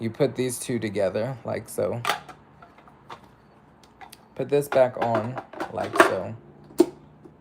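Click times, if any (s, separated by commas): 6.8 s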